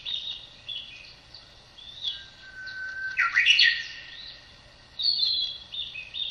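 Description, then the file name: Narcissus flycatcher singing: short chirpy warbled notes, then a low level whistle leading into a sharp burst, with a fresh twittering phrase at the end. "キビタキの囀り"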